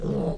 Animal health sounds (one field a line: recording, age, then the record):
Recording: pig call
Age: piglet (1 to 25 days)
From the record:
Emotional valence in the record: negative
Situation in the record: long isolation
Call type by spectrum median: low-frequency call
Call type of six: low-frequency modulated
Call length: 0.38 s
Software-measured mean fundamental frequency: 63 Hz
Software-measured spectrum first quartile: 154 Hz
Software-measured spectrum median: 280 Hz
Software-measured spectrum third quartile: 498 Hz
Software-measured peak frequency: 174 Hz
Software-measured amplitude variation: 99 dB a second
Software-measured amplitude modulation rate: 22.3 a second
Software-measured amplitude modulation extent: 4.4 dB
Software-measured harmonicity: 2.2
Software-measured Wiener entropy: -0.61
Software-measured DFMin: 1079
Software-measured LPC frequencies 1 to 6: 460, 3346, 4119, 5399, 7527, 8456 Hz